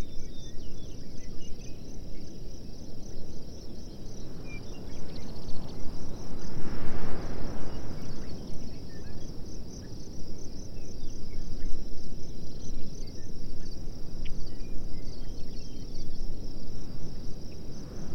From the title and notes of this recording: Today we head to Grasslands National Park in Saskatchewan, just a few miles north of the Canada/US border.